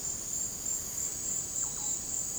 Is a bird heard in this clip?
no